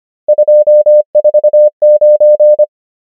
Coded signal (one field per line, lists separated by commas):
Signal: Morse code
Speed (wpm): 25 wpm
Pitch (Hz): 600 Hz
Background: none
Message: 2 4 9